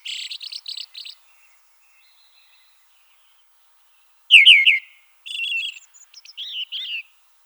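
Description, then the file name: Red-throated thrush song: a quick chattering run of high buzzy notes, a pause, then a loud wavering whistled phrase followed by several shorter twittering and warbled notes. "Drozd krasnozobyj"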